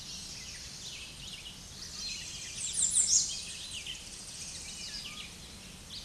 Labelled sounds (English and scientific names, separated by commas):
American Redstart (Setophaga ruticilla) song